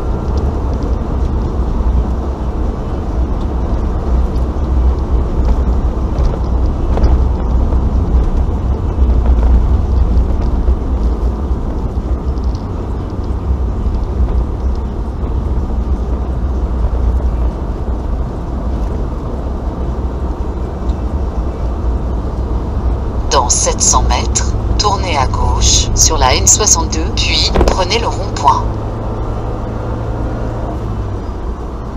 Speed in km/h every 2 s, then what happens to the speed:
75, 74, 74, 72, 68, 67, 62, 61, 61, 63, 65, 67, 71, 73, 76, 79.
0-16 slows to 61. 16-32 speeds up to 79.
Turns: none.